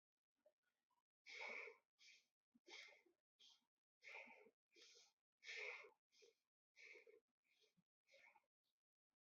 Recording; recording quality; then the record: shallow breathing; excellent, no background noise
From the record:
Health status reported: exposed to COVID-19, no respiratory illness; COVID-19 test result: not tested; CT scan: not taken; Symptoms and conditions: none ticked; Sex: male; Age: 25 years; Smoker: no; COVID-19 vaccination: both doses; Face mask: worn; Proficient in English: yes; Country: India